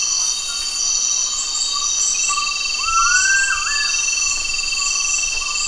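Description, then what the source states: Gould's frogmouth giving one whistled call that rises sharply, levels off, then ends in a short upward flick, over a steady, loud insect drone. Recorded at Danum, Borneo, on 1 August 2009.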